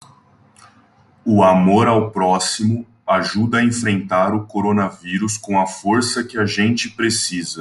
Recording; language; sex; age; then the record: spoken sentence; Brazilian Portuguese; male; 30 to 39 years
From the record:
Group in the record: control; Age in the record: 30 years